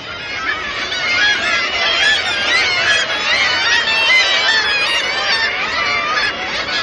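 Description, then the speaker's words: Kittiwakes calling together in a dense, continuous chorus of harsh, overlapping cries that swell and hold steady throughout. About 200 sociable birds on a nesting ledge all shout together when one returns with food, each expecting the food, the calls rising like a chorus; coastal cliff, breeding season. "they all shout together thinking that the food's for them, and it all rises like a great chorus."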